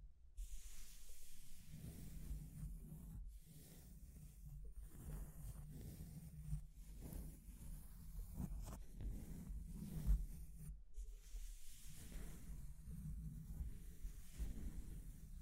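Scratching and tracing sounds run steadily through the whole stretch, a low rubbing texture with a soft hum underneath. Short brighter scrapes and gaps break in every second or so, with a sharper tap near ten seconds.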